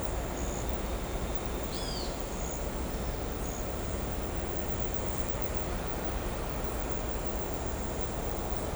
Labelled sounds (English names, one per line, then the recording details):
Great Kiskadee
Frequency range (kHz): Great Kiskadee 2.7-8.7 kHz
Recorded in shrubland near Pivijay, Magdalena, Colombia, on 3 June 2023 at 18:00
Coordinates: 10.453, -74.365
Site P5-G022